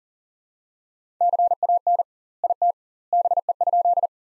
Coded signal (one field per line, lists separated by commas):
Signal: Morse code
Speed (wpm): 37 wpm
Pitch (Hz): 700 Hz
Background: none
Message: CAN IT BE?